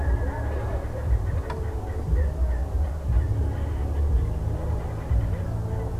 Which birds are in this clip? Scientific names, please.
none